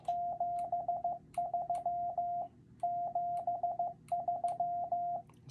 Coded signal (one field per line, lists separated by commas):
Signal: Morse code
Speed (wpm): 15 wpm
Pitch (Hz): 700 Hz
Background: radio noise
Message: 73 73